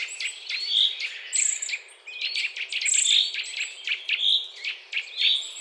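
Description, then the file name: Eurasian nuthatch calling: sharp whistled notes repeated several times, with many short chirps behind. "Sitta europaea"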